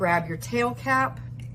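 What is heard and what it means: Someone talks while handling the plastic tail cap of a TEMPTU One pre-filled airbrush makeup (foundation) pod, about to push it back on before storage. A faint short tick is heard near 1.4 s under the voice, but nothing has seated or clicked yet; the cap is not yet home when the clip ends.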